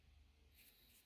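A newly 3D-printed black PETG push clip, a plastic hood insulation retaining clip, is handled as it is pressed through the hood insulation toward the hole in the car hood panel, so the insulation won't bang around. A low rumble is heard, then a soft hissing rustle from about 0.5 s. Nothing has seated or clicked yet.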